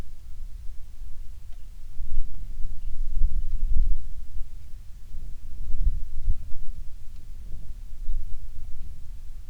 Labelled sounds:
songbird
wind
rain

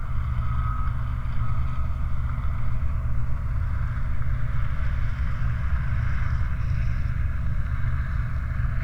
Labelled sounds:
machinery
flare stack

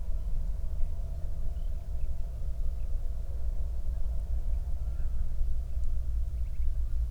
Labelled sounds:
songbird
wind
man-made sound

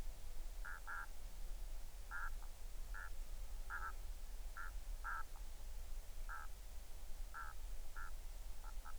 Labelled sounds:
waterfowl

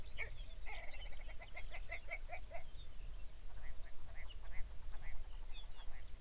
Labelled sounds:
songbird
grouse or ptarmigan

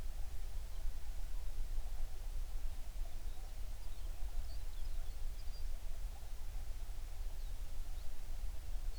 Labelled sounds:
songbird

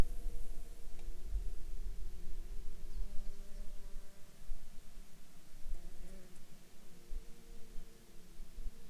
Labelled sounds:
insects

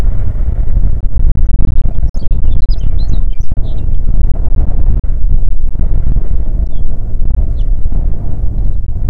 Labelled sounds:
songbird
wind

